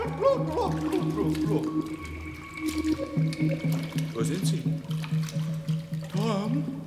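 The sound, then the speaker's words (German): Ice-cold water splashes and gurgles as someone goes under, the sloshing continuing in uneven bursts beneath voices that speak throughout. “Im Wasser, Oma.”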